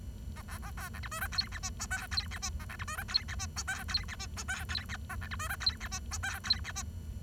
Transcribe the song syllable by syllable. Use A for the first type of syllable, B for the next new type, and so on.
A B A B C D E F G H I J K G H I A C D E F G H I J K G H I J K G H A C D E F G H I J K G H I